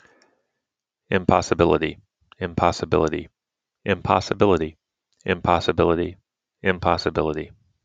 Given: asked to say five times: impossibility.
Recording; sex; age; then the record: repeated word; male; 30 to 39 years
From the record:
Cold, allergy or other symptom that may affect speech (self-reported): no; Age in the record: 39 years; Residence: United States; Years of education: 18